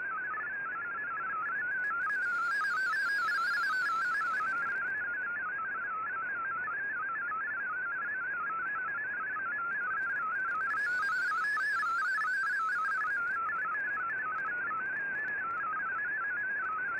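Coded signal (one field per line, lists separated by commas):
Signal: multi-tone FSK (Olivia or MFSK type)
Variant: MFSK32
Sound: rapid warbling melody of stepped tones, like fast random whistling, over static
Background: radio static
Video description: Here is my decode of the Shortwave Radiogram broadcast today on 15770Khz shortwave radio at 1330UTC in MFSK32 and 64 with 11 SSTV images.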